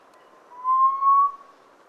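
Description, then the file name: Hill partridge whistling: one clear, mellow whistle that swells and rises slightly in pitch, lasting under a second, against a quiet background. "Hill Partridge Arborophila torqueola"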